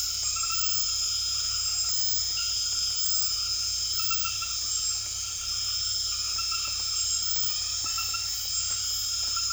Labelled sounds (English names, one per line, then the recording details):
none
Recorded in secondary vegetation near Puerto Asís, Putumayo, Colombia, on 28 February 2025 at 21:30
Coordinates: 0.500, -76.326
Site GP04